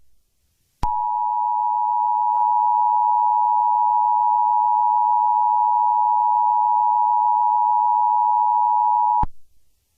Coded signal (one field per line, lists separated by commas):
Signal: Emergency Alert System (SAME) tones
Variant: 853 and 960 Hz attention tone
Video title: Plant Anomaly (A fictional EAS scenario)